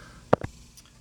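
A plastic wiring connector is unplugged from the front power window switch in the door of a 2006–2010 PT Cruiser by pushing hard on the center of its stubborn locking tab and pulling. A sharp click is heard at 0.3 s, followed by a softer knock at 0.4 s, as the connector unlatches and releases.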